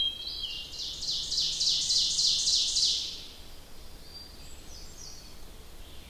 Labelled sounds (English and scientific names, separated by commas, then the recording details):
Ovenbird (Seiurus aurocapilla) song
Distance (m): 30 m
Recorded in boreal forest in Alberta, Canada, on 27 June 2016 at 05:42
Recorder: SongMeter 3, array SBT-6-79
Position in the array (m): 240 m, 45 m
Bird 39